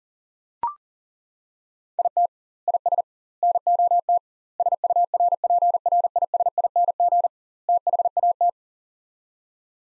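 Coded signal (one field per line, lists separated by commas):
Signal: Morse code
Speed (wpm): 40 wpm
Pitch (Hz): 700 Hz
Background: none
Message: IT IS NOT SURPRISING THAT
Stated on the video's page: Head-copy drill of five-word sets at 40 wpm with 2x word spacing, a Farnsworth-like method; each set sent, spoken, then sent again.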